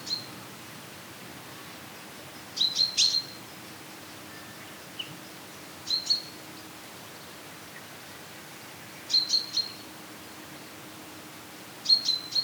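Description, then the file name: Common chaffinch uttering short groups of sharp high notes every three seconds or so, with faint steady background hiss. "Fringilla coelebs"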